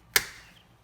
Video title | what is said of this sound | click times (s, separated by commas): How to Repair a Casement Window Crank Operator | and you it's important to put that clip back on so you just take your screwdriver and just give a little pop it's | 0.2 s